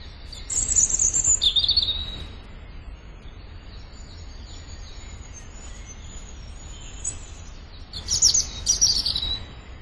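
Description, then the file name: European robin song, two short bursts of high thin warbles and whistles separated by a long quiet gap. "Erithacus rubecula"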